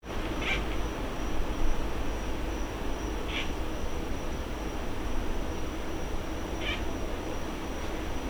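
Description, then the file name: Mediterranean house gecko calls: three brief clicky chirps spaced about three seconds apart, over a loud, steady low rumble and a thin constant high tone. "hturcicus"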